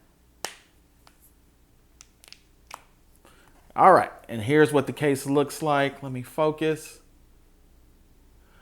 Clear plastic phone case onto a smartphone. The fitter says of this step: We'll snap the case on to the phone. Hear that snap?